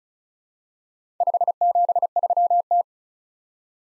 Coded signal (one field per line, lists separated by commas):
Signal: Morse code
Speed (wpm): 36 wpm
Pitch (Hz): 700 Hz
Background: none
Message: 573T